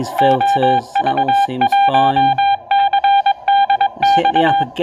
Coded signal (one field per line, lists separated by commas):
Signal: Morse code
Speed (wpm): 23 wpm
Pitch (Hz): 800 Hz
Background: speech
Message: OV1CDX